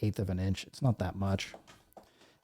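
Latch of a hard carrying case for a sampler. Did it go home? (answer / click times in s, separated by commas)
yes / 1.9 s, 2.0 s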